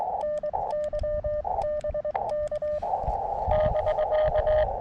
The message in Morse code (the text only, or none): NY BK <BK>